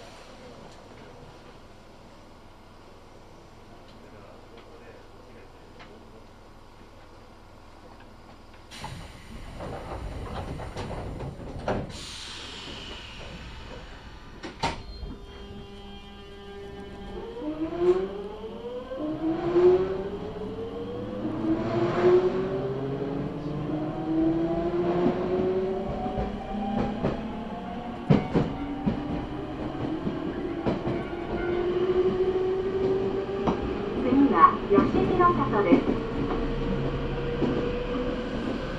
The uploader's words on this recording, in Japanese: 耳で楽しむ鉄道旅 南海電鉄南海線 普通 泉佐野→箱作。